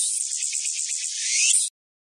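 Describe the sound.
Cicada producing a steady, high, hissing buzz that swells slightly near the end before cutting off abruptly, followed by silence.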